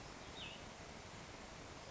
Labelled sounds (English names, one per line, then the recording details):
Cassin's Vireo
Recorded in Sonoma County, California